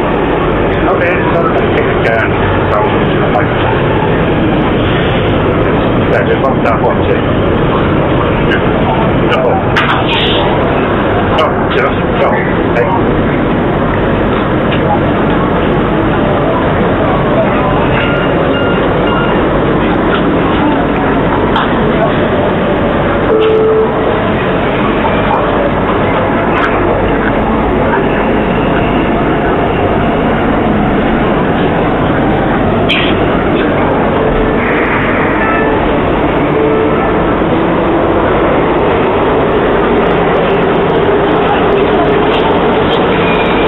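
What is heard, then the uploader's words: A Helsinki Metro train runs with a steady, dense roar that stays level for the whole clip. Faint voices blur into the rumble, and brief clicks and clatters from the cars surface now and then, including a short louder patch around the middle. Helsinki Metro.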